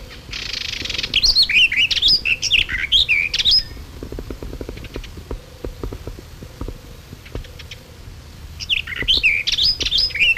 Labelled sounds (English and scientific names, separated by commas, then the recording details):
Barred Warbler (Sylvia nisoria) song
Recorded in the wild
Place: Illmitz, AT
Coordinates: 47.7544, 16.7631
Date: 1964-05-18 08:00
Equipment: Uher Report 4000, AKG D190
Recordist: Krey, Winfried